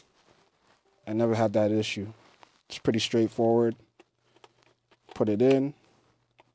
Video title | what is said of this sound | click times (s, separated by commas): Legion Go Vs ROG Ally My Opinion… | slide up wow hear that click good to go again | 6.4 s